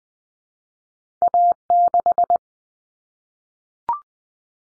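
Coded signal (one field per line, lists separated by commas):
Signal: Morse code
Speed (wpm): 20 wpm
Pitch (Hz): 700 Hz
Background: none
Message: A6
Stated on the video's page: Cut-number practice at 20 wpm, with T, A, N for 0, 1, 9; each two-digit number is sent twice.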